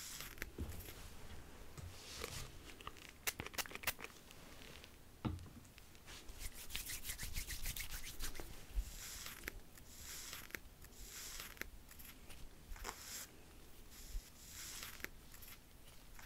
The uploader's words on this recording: ASMR The Most Relaxing Haircut And Hair Wash (realistic layered sounds).